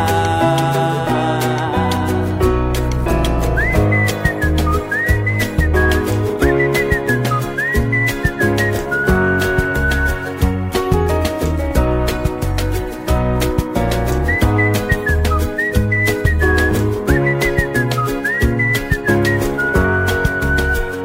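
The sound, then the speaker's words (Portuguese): A person whistles a bright, lilting tune in short repeated phrases, riding over a full, loud band accompaniment with a steady, bouncy beat and no singing. “E quem diria que esta alegria me pusesse logo, logo a assobiar.”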